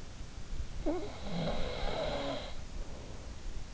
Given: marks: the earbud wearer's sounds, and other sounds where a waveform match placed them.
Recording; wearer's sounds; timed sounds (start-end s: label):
sounds in sleep by an in-ear microphone; snoring breath
0.26-3.23 s: snoring breath